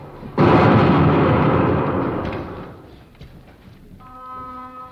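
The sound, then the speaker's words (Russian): A single loud cannon shot, fired as a salute, bursts out and rolls into a long, rumbling echo that fades over a few seconds, followed by a faint, steady musical tone. “Пусть облакам докладывает пушка, и гул небес в ответ земным громам со звоном чаш смешается.”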